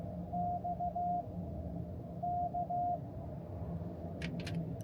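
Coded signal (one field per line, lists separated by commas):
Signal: Morse code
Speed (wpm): 16 wpm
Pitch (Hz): 710 Hz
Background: none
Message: X K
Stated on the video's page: Morse during a park activation near Big Bear, California.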